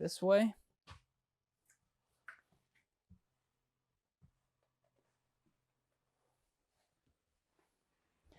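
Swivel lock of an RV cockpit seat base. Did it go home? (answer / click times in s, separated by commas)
yes / 2.3 s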